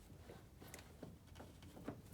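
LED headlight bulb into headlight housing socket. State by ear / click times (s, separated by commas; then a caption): not seated / none. An LED headlight bulb from a Sealight 9005/H11 LED combo kit is twisted into the headlight housing socket of a 2011 Chevy Suburban 1500 after the wiring harness is positioned. Only faint scuffing and soft handling taps over a low rumble are heard, with one brief, quiet tick at 0.7 s. Nothing clicks as the bulb seats, though it still sits firmly in place.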